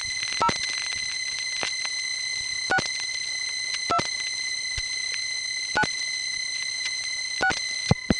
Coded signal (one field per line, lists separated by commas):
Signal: DTMF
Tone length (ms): 80 ms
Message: 0 6 2 9 6